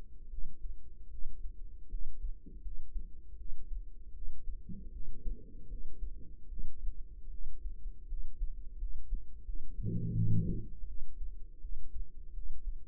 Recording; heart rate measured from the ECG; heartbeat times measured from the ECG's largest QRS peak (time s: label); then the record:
heart sounds by microphone in the right ear; 80 bpm
0.28 s: heartbeat
1.08 s: heartbeat
1.88 s: heartbeat
2.60 s: heartbeat
3.35 s: heartbeat
4.12 s: heartbeat
4.90 s: heartbeat
5.67 s: heartbeat
6.47 s: heartbeat
7.29 s: heartbeat
8.06 s: heartbeat
8.76 s: heartbeat
9.43 s: heartbeat
10.13 s: heartbeat
10.85 s: heartbeat
11.59 s: heartbeat
12.32 s: heartbeat
From the record:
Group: healthy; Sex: female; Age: 19 years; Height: 163 cm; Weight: 48.9 kg